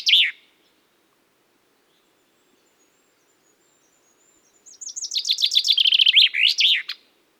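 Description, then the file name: Common chaffinch song: a clipped phrase ending, a quiet gap, then one complete rattling trill dropping in pitch and closing with an emphatic terminal flourish. "Fringilla coelebs"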